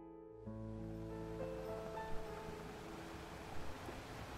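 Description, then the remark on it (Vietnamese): Ocean waves wash ashore in a steady, hissing rush that rises after a brief quiet start, with a couple of slightly louder surges and faint sustained tones beneath. “Hôm nay biển đẹp thật”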